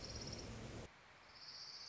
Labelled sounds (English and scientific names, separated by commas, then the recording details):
Orange-crowned Warbler (Leiothlypis celata)
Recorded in Sonoma County, California